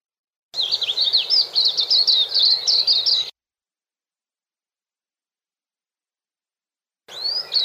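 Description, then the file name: White-eye singing a fast, high-pitched twittering phrase of jumbled sweet notes, then a pause before a fresh phrase starts. "suara-kicauan-burung-kacamata-perak -omkicau"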